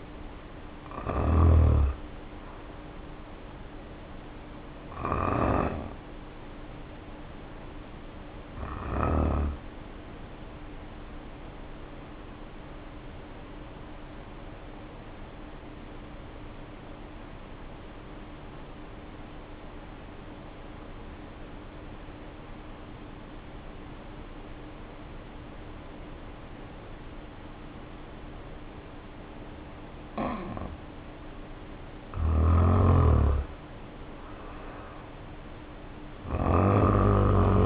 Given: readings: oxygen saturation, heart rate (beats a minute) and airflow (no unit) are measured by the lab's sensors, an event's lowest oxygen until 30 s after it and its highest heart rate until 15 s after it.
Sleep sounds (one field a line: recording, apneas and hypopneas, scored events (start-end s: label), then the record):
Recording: breathing in sleep by a voice recorder at the bedside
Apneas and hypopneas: 1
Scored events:
9.00-32.40 s: hypopnea (N1, oxygen 94% highest, then 81% lowest, heart rate 47 at the start, 64 highest)
13.00-37.66 s: new sleep stage, N2 (light sleep)
From the record:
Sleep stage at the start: N1 (lightest sleep)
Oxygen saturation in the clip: 75 to 94%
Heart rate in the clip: 47 to 69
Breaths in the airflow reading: 9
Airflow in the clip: -1.5 to 2.0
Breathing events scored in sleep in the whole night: 520 in 7.2 hours asleep